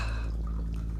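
household object, drink poured

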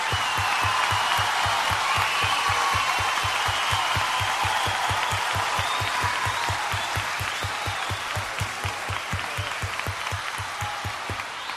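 crowd, audience applause

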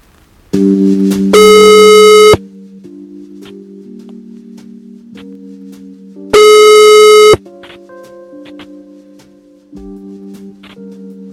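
signal or alarm, phone call ringing tone

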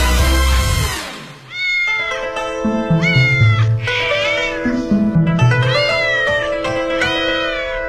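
animal, cat meowing

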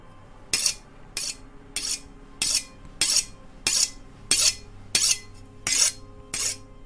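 tool, knife being sharpened

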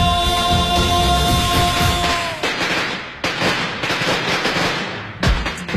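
impact, firecrackers exploding

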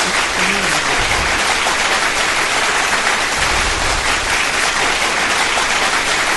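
crowd, audience applause

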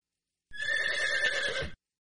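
animal, horse neighing

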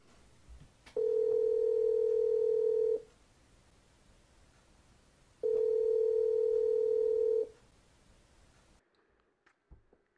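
signal or alarm, telephone dial tone

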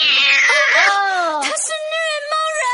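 animal, cat yowling

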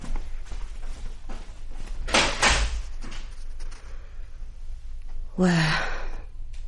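household object, door being closed

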